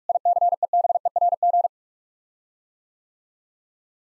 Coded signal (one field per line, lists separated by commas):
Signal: Morse code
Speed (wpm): 46 wpm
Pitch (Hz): 700 Hz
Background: none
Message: ICEBERG